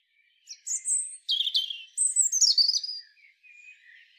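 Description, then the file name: European robin singing one brisk phrase of thin, high whistles and descending trilled notes, followed by soft, quieter twitters. "Erithacus rubecula"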